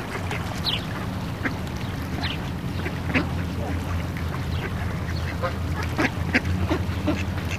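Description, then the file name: Ducks giving scattered harsh quacks, several birds calling irregularly every second or so, with a constant low droning hum underneath. Several ducks quacking on a pond. "Кряканье-уток-на-пруду"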